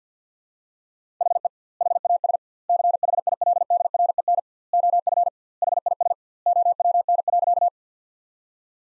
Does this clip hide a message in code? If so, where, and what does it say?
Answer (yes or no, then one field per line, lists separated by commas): yes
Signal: Morse code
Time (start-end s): 1.2-7.7 s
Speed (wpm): 50 wpm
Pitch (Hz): 700 Hz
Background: none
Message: HE HAS CHILDREN OF HIS OWN.